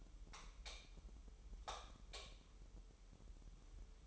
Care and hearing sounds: daily activity, microphone in the room; light off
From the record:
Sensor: 1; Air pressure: 988.4 hPa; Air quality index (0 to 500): 197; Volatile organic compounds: 993 ppm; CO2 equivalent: 5273 ppm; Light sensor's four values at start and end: 12/37/14/15 and 8/21/8/10

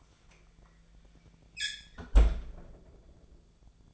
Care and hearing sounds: daily activity, microphone in the room; close fridge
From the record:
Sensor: 5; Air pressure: 1009.8 hPa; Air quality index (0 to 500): 160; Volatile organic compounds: 4 ppm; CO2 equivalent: 1554 ppm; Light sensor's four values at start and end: 131/331/139/148 and 129/327/137/146

